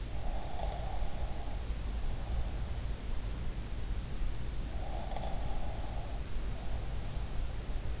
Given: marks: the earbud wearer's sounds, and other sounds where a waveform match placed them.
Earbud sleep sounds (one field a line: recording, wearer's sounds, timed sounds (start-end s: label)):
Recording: sounds in sleep by an in-ear microphone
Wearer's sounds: snoring breath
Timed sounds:
0.27-2.74 s: snoring breath
4.56-8.00 s: snoring breath